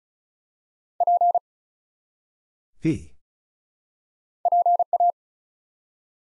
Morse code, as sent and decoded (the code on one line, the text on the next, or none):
.--. / .--. .-
P PA